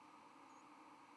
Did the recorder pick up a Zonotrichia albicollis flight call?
yes